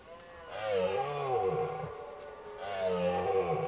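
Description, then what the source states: Red deer roaring: two deep, rasping bellows in quick succession, each wavering slightly in pitch. Rutting roars heard in the distance.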